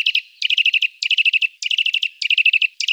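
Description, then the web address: Eurasian nuthatch calling in rapid bursts of sharp, high piping notes, each burst of about six to seven notes repeated about every 0.6 seconds, with no other sounds. "Sitta europaea"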